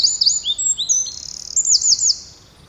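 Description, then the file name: Eurasian wren song fragment, loud and very high, packed with fast trills and sharp, tumbling notes that fade at the end. "Troglodytes troglodytes"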